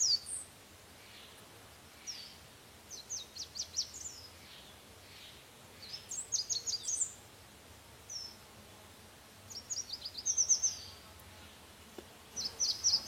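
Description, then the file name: Red warbler singing soft, very high chipping phrases, short twittering bursts returning every couple of seconds over a low background hiss. "Canto do mariquita vermelha"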